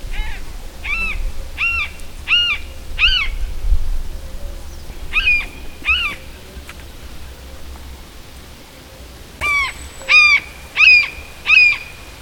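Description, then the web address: Bird giving harsh, nasal calls in quick groups of several notes, with pauses between groups. "madarak enek"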